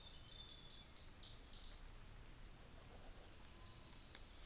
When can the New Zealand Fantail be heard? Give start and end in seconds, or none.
1.29-3.66